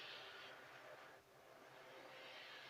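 The lower tripod base lock of a selfie stick monopod is handled on the shaft, fitted from underneath so the stick can stand. A steady broadband rustle and hiss runs throughout and briefly dips around 1.2 s. Nothing has clicked or locked into place yet.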